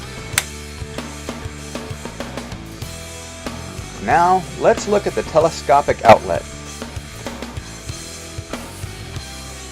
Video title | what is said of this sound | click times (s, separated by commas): Кофемашина Franke Pura | reinstalling the mixing chamber be sure to press in until you hear it click | 0.4 s